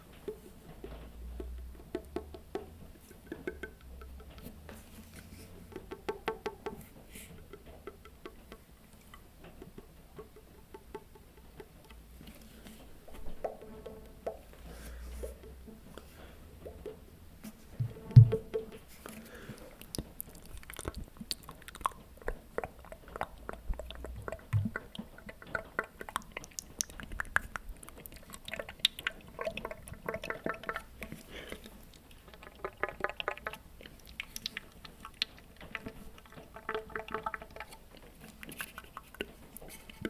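Mouth sounds: wet clicks, smacks and chewing-like noises come in quick, irregular bursts throughout. A low rumble sits underneath in the first twenty-five seconds, and one sharp louder click stands out around eighteen seconds. The clicking grows busier after that.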